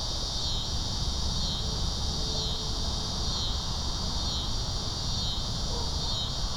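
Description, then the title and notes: Cicada buzzing, a steady high shrill drone that dips briefly about once a second, over a low rumbling background. "Insect sounds: Cicadas."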